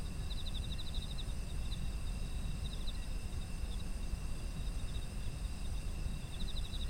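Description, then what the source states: Insect trills, rapid pulsed bursts at the start and end with scattered chirps between, layered over steady shrill tones and low noise. Autumn insects, ambient environmental sound.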